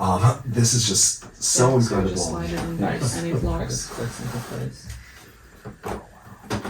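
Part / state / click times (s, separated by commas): plastic brick model section onto the rest of the model / not seated / none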